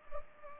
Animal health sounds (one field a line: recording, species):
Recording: mosquito wingbeat signal from an infrared sensor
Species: Culex pipiens